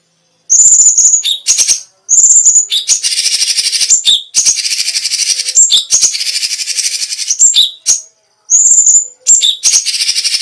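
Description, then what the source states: Cucak cungkok song: short whistled phrases alternating with long, dense, buzzy trills, delivered in quick succession. Special song bursts ("tembakan istimewa").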